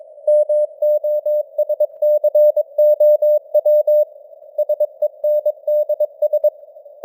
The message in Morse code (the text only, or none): MOSCOW SENDS